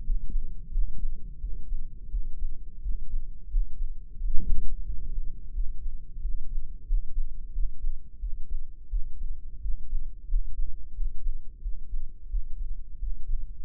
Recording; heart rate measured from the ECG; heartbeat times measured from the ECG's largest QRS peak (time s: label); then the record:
heart sounds by microphone in the right ear; 88 bpm
0.02 s: heartbeat
0.69 s: heartbeat
1.38 s: heartbeat
2.08 s: heartbeat
2.79 s: heartbeat
3.48 s: heartbeat
4.15 s: heartbeat
4.83 s: heartbeat
5.52 s: heartbeat
6.19 s: heartbeat
6.84 s: heartbeat
7.50 s: heartbeat
8.18 s: heartbeat
8.87 s: heartbeat
9.59 s: heartbeat
10.26 s: heartbeat
10.92 s: heartbeat
11.60 s: heartbeat
12.27 s: heartbeat
12.97 s: heartbeat
13.63 s: heartbeat
From the record:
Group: healthy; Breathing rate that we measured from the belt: 18 breaths a minute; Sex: male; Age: 21 years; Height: 180 cm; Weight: 67.5 kg